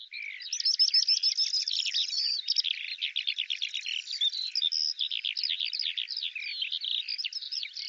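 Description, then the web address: Eurasian skylark song, a continuous rapid flow of high chirps, trills and short whistles that never pauses across eight seconds. "Deverinetal 2025 File cleaned normalized Bird Al Ar"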